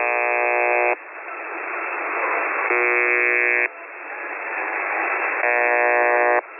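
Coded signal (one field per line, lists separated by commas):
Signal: channel marker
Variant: UVB-76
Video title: UVB-76/The Buzzer (22nd August 2020, 10:42 UTC) music and buzzing?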